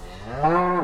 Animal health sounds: contact call of a hoofed animal; cattle; low-frequency (closed-mouth) or high-frequency (open-mouth) call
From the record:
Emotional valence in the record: negative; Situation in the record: full separation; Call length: 0.84 s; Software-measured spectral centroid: 1190 Hz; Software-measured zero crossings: 1730 a second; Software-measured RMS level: -23 dBFS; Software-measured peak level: -7 dBFS

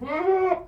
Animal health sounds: contact call of a hoofed animal; goat; low-frequency (closed-mouth) or high-frequency (open-mouth) call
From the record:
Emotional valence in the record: negative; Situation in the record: food frustration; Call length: 0.68 s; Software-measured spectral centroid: 1110 Hz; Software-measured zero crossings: 1250 a second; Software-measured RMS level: -23 dBFS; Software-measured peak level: -10 dBFS

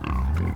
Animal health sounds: contact call of a hoofed animal; wild boar; grunt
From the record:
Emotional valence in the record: positive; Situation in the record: naturally occurring affiliative interactions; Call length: 0.56 s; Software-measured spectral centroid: 1560 Hz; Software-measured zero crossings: 470 a second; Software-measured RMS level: -24 dBFS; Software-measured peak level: -17 dBFS

